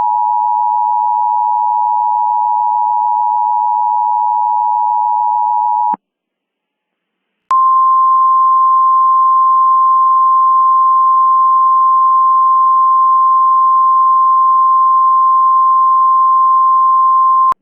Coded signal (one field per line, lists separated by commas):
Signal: Emergency Alert System (SAME) tones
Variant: 853 and 960 Hz attention tone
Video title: Eas in Popular Culture: Infinite Tsukuyomi